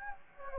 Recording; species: mosquito wingbeat signal from an infrared sensor; Anopheles gambiae